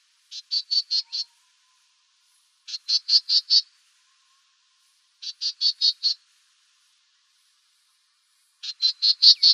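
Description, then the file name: Black-tailed gnatcatcher uttering four bursts of five or six scratchy, buzzy call notes, each burst rapid and evenly spaced, repeated about every three seconds. "BTGN 3 deviche"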